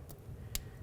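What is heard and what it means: On a 2009–20 Dodge Journey, during a rear wheel bearing and hub assembly replacement, the ABS sensor wire connector is pushed into its mating plastic harness connector. A faint tick at 0.1 s is followed by a sharp, short click at 0.6 s. The connector is seated, and a tug confirms it is secure.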